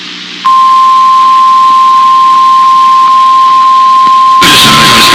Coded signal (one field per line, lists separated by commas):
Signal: Emergency Alert System (SAME) tones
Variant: 1050 Hz attention tone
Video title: Another Bay Area and Kern Monthly Tests Tuesday (EAS #28628-28666) 9/9/25